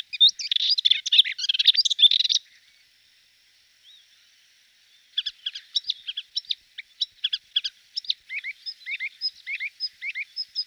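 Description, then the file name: Hippolais warbler song: a fast, scratchy chattering burst, a short pause, then a series of sharp, clipped chirps and upslurred notes repeated briskly. "hypolais portrait mono"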